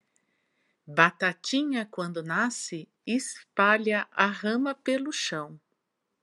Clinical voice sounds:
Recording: short text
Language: Brazilian Portuguese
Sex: female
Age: 50 to 59 years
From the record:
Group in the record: control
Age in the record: 52 years

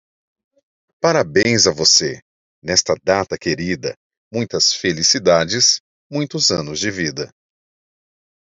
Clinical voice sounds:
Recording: short text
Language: Brazilian Portuguese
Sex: male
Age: 30 to 39 years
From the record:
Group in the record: control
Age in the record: 31 years

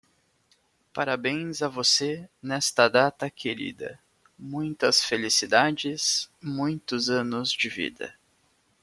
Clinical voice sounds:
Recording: short text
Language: Brazilian Portuguese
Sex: male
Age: 20 to 29 years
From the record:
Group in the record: control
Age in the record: 25 years

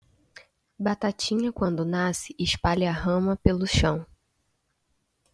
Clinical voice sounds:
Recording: short text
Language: Brazilian Portuguese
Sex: female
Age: 20 to 29 years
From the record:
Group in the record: control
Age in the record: 25 years

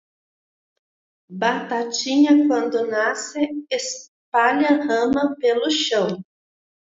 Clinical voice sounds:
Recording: short text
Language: Brazilian Portuguese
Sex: female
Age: 40 to 49 years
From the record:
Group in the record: control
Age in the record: 45 years

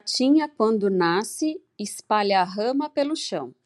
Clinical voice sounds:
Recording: short text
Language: Brazilian Portuguese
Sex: female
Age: 40 to 49 years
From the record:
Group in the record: control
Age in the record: 43 years

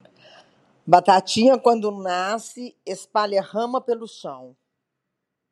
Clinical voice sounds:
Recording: short text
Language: Brazilian Portuguese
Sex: female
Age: 50 to 59 years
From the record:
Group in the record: control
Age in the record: 58 years

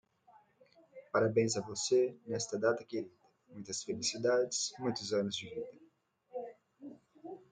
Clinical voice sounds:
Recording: short text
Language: Brazilian Portuguese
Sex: male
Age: 20 to 29 years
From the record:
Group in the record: control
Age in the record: 22 years

